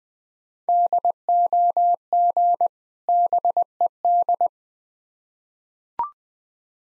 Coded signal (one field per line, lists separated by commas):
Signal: Morse code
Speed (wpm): 20 wpm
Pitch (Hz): 700 Hz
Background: none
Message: DOG BED